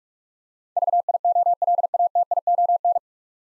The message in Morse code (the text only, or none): VIOLATION